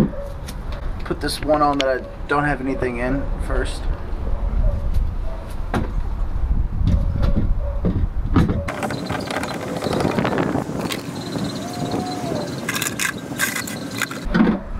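Someone talks while handling a filter component for a water purification housing during reassembly of the water filtration unit, with several short sharp knocks and rattles from about 10 s on. Nothing has seated or clicked into the housing yet.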